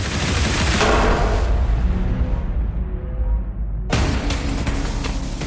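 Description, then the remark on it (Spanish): A loud, dense fusillade of gunfire in a battle between inmates and guards and marines at Alcatraz prison crackles and booms, eases into a low rumbling lull midway, then erupts again in sharp rapid shots. “Hoy su bando mantiene una lucha encarnizada con los guardias y los marines.”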